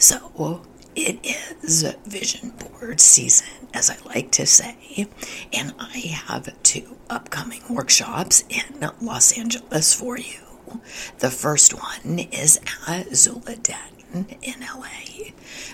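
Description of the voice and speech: An adult woman speaks fluently but in a breathy, half-whispered, hoarse voice, with voicing that keeps breaking up and some creaky, strained stretches. This is spasmodic dysphonia, a neurological voice disorder in which the vocal folds spasm during speech; the condition makes her voice sound hoarse and may make it give out.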